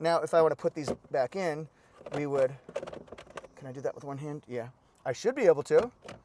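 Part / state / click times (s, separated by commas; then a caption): removable plastic insert into a car center console tray / not seated / none. Someone talks while handling removable plastic inserts, putting them back into the center console storage tray of a 2024 Lexus TX with one hand. Nothing has seated or clicked yet.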